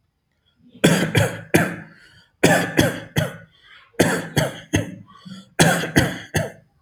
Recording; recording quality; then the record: shallow voluntary cough; excellent, no background noise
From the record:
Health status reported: healthy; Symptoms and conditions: none ticked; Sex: male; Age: 39 years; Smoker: not ticked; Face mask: not worn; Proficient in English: yes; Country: India